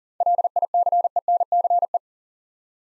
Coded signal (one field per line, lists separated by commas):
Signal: Morse code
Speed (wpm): 42 wpm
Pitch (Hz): 700 Hz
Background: none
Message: LICENCE